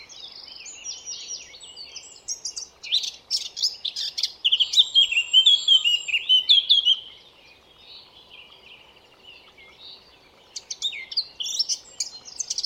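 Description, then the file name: Eurasian blackcap giving a lively warbled phrase of quick chirps and slurred whistles, then a long quiet stretch before short bursts resume. "Sylvia atricapilla"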